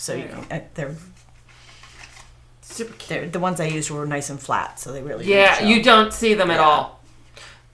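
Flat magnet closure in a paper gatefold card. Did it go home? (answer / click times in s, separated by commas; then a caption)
yes / 7.4 s. A paper gatefold card with small, flat magnets hidden under its paper flaps is closed while someone talks. The magnets snap together with a small click at 7.4 seconds, and the card stays shut.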